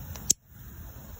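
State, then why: Seated. A downstream O2 sensor's plastic wiring connector is pushed into its mating vehicle harness plug until it snaps, seating with a sharp click at 0.3 s. A fainter tick comes just before at 0.2 s. After that there is only a low background hum.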